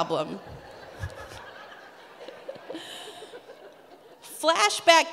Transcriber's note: laughter builds